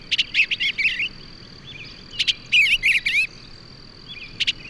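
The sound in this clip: Bird song: quick clusters of clicks and looping whistled notes, a few bursts with short silences, while a constant thin high hum continues underneath.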